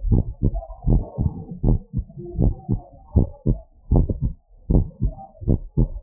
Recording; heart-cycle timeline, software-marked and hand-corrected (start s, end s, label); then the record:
heart sounds
0.00	0.07	diastole
0.07	0.23	S1
0.23	0.43	systole
0.43	0.51	S2
0.51	0.87	diastole
0.87	1.03	S1
1.03	1.21	systole
1.21	1.33	S2
1.33	1.65	diastole
1.65	1.79	S1
1.79	1.97	systole
1.97	2.05	S2
2.05	2.41	diastole
2.41	2.55	S1
2.55	2.71	systole
2.71	2.79	S2
2.79	3.15	diastole
3.15	3.27	S1
3.27	3.47	systole
3.47	3.57	S2
3.57	3.91	diastole
3.91	4.07	S1
4.07	4.23	systole
4.23	4.33	S2
4.33	4.69	diastole
4.69	4.85	S1
4.85	5.03	systole
5.03	5.13	S2
5.13	5.47	diastole
5.47	5.59	S1
5.59	5.79	systole
5.79	5.89	S2
5.89	6.03	diastole
From the record:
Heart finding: normal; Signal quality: good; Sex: male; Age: 64 years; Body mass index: 36.9